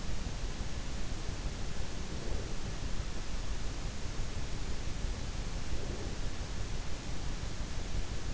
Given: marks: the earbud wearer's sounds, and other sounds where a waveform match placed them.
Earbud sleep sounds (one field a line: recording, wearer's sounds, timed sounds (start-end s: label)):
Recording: sounds in sleep by an in-ear microphone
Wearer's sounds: breath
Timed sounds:
2.05-2.96 s: breath
5.42-6.42 s: breath